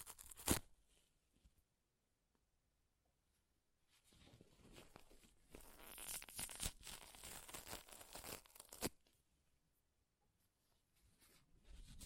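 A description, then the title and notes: Paper is ripped and torn in short bursts: a sharp rip near the start, then a longer stretch of rough, crackling tearing from about four to nine seconds with several bright snaps. Quiet gaps separate the bursts, and faint rustling returns at the end. ASMR Paper Ripping Tearing Sounds (No Talking).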